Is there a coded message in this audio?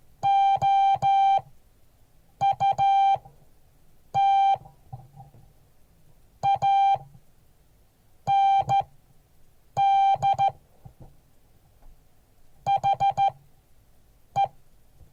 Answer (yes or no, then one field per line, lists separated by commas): yes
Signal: Morse code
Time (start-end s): 0.2-14.5 s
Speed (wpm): 13 wpm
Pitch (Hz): 790 Hz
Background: none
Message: OUT AND HE